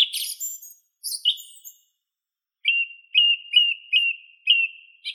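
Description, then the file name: Song thrush song: a whistled note repeated several times in steady succession, preceded by higher scratchy twittering phrases. "Neizvesten - Drozd pevchij Turdus philomelos (Zvyki com)"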